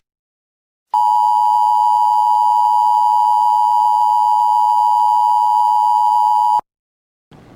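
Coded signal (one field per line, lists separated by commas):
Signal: Emergency Alert System (SAME) tones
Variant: 853 and 960 Hz attention tone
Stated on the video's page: Fictional simulated EAS scenario using valid EAS tones.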